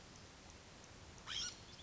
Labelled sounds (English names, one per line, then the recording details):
California Scrub-Jay
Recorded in Sonoma County, California